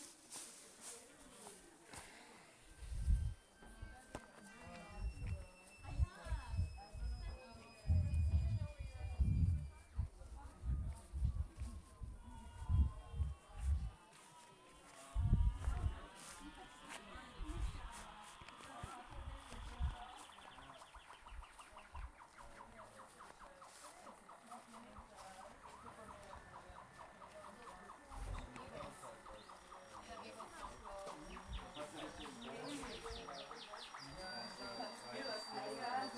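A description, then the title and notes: A walk around a camp, with low thuds and handling noises during the first fifteen seconds and murmured voices mixed in. After that a busier, brighter chatter of animal calls and birdsong takes over and stays fairly steady to the end. Half an hour walk around the camp and collecting the sounds.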